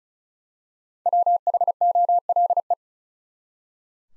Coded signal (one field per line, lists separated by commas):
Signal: Morse code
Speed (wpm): 36 wpm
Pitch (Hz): 700 Hz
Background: none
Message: WHOLE